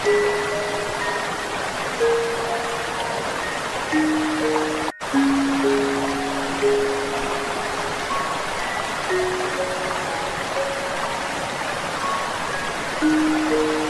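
Flowing water rushes steadily throughout, a dense, even wash with no letup. Soft light music floats over it as long, held notes in the low-middle range, changing pitch every second or two. Near the five-second mark the sound cuts out for an instant.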